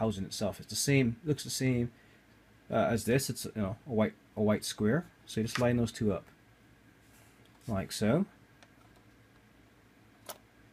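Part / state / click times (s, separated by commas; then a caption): interchangeable lens into camera body mount / not seated / none. An interchangeable lens is brought up to a Canon Rebel T5i camera body mount with the white square index marks on lens and body lined up, while someone talks through most of the clip. After the talking stops, only faint handling sounds and a short, quiet tick near 8.6 s are heard. The lens has not yet been turned, and nothing has seated or clicked yet.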